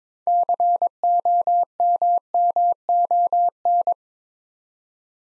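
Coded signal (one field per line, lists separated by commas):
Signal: Morse code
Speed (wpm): 22 wpm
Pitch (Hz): 700 Hz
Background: none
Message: COMMON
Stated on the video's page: Morse code practice at 22 wpm: six-letter words for head-copy, each sent twice, aimed at instant character recognition.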